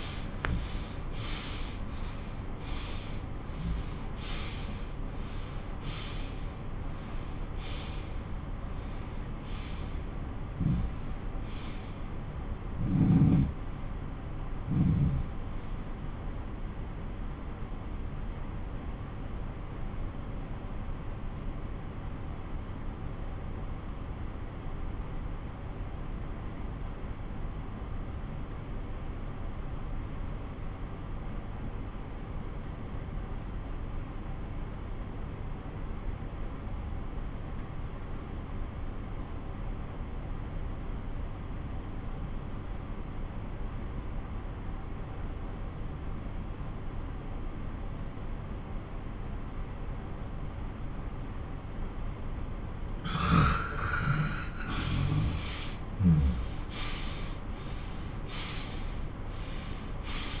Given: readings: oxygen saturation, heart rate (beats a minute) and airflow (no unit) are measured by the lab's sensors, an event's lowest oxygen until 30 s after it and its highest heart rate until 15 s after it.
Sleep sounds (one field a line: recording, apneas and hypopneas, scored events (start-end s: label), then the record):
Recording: breathing in sleep by a smartphone at the bedside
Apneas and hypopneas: 1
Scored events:
6.00-53.80 s: obstructive apnea (N1, oxygen 98% highest, then 92% lowest)
27.00-60.40 s: new sleep stage, N2 (light sleep)
From the record:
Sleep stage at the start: N1 (lightest sleep)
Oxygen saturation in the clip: 90 to 98%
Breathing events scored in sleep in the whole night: 217 in 6.3 hours asleep